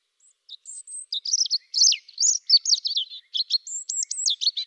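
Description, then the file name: European robin song, a thin high whistle opening into a rapid, tumbling run of varied warbled and trilled notes, with sharp high squeaks near the end; no other sounds. "Erithacus rubecula"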